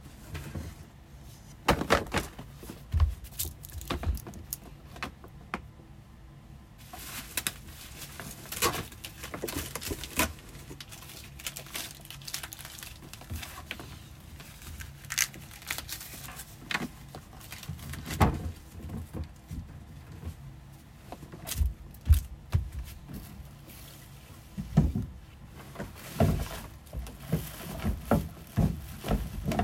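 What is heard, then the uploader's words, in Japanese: Cleaning and tidying up as trash is gathered into one spot, with irregular rustles, thumps and clatters arriving in frequent bursts throughout. 掃除と片付け。ゴミを一箇所に集める。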